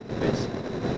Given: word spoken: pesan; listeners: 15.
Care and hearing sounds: one Spanish word in noise, from a listening test; noise modulated by three-talker babble; -6.7 dB; 0 of 15; 6 of 15; 0.58 s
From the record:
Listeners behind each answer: 6, 3, 2, 1, 1, 1, 1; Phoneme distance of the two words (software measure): 7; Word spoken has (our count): 2 syllables, 5 phonemes, stress on syllable 1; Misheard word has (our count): 2 syllables, 4 phonemes, stress on syllable 1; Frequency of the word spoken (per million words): 4.35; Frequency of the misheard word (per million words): 9.79

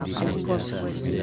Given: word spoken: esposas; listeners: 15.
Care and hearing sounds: one Spanish word in noise, from a listening test; eight-talker babble; -2.7 dB; 0 of 15; 6 of 15; 0.83 s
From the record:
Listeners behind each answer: 6, 2, 2, 1, 1, 1, 1, 1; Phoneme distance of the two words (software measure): 24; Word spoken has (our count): 3 syllables, 7 phonemes, stress on syllable 2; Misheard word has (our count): 2 syllables, 5 phonemes, stress on syllable 1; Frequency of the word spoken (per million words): 8.11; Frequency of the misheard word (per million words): 390.53

